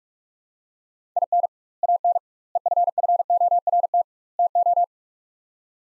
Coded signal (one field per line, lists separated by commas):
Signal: Morse code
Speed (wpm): 42 wpm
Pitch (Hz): 700 Hz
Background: none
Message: IN AN EFFORT TO